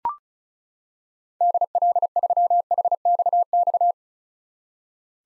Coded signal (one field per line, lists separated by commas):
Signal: Morse code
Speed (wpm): 34 wpm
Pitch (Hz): 700 Hz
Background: none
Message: DL3HXX